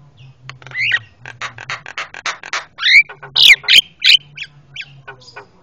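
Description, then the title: Javan myna uttering a rapid string of harsh rasping notes, then loud squealing whistles and squawks, fading to sparse softer chatter, over a low hum. Super noisy Javan myna calls, used for training cage birds (masteran). "Jalak Kebo Master Suara Super Berisik Buat Masteran"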